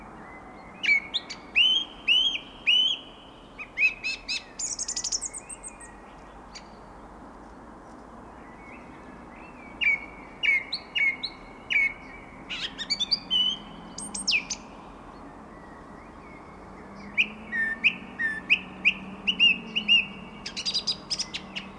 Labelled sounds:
Song Thrush song

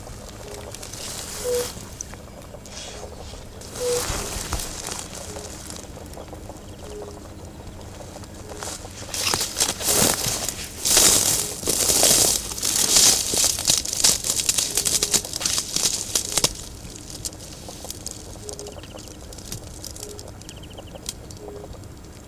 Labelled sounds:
Fire-Bellied Toad call

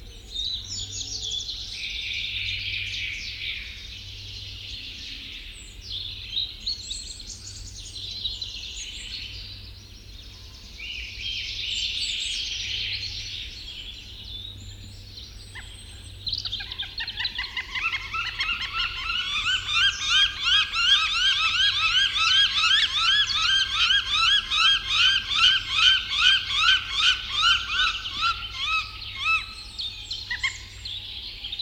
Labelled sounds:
Northern Goshawk call

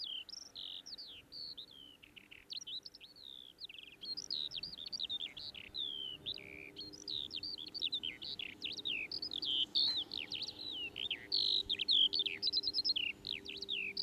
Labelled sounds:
Eurasian Skylark song

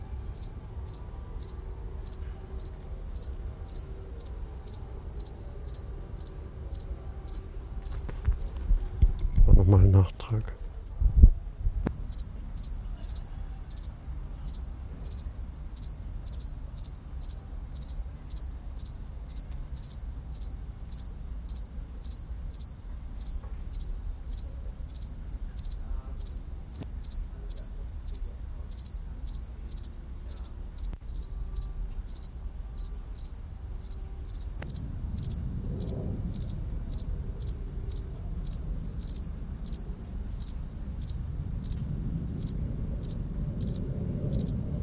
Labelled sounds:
House Cricket stridulation

